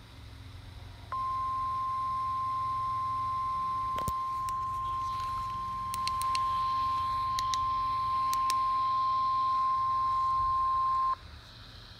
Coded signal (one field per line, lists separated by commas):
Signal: Emergency Alert System (SAME) tones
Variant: 1050 Hz attention tone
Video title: TROPICAL STORM WARNING (EAS 450-451)